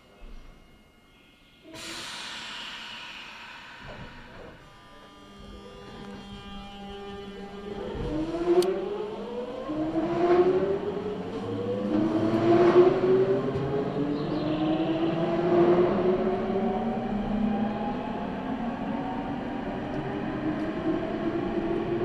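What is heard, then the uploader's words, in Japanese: A Nankai Line local train runs from Izumisano toward Hakotsukuri. Around two seconds in, a sharp hiss is followed by a quiet pause. From about eight seconds the motor whine starts and climbs steadily in pitch, with rising tones layered over a low rumble as the train gathers speed. 耳で楽しむ鉄道旅 南海電鉄南海線 普通 泉佐野→箱作。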